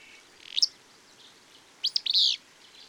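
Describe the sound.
Bird song: a short sharp chirp followed by a burst of rapid, high sweeping notes.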